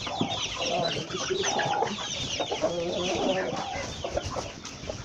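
A rooster clucks repeatedly in short, choppy bursts, with other chickens murmuring and clucking over a steady, busy background of farmyard noise.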